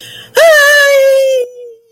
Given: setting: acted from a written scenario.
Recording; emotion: vocal sound without words; elation